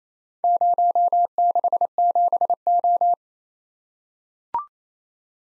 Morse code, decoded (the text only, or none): 067O